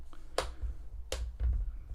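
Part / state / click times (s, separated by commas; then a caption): tablet into keyboard case shell / seated / 0.4 s, 1.1 s. An iPad Pro 10.5 tablet is pressed into a plastic Lenrich keyboard case shell around the camera cutout. Two sharp clicks are heard at 0.4 s and 1.1 s over a low background rumble. The tablet locks securely in place in the case.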